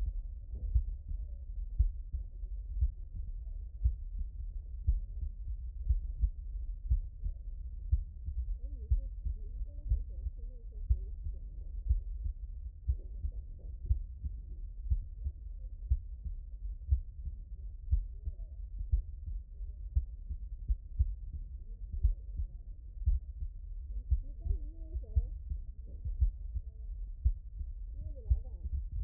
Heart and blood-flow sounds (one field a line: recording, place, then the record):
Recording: heart sounds by stethoscope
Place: pulmonary valve (PV)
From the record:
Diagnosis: non-HFrEF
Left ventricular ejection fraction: 63%